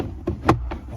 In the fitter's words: like that you can hear it pop in and then put this back in right there there we go